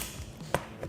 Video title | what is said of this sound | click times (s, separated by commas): SuperATV Glass Windshield Install - Polaris RZR 900 | and as you can hear it it's snapped into place | 0.5 s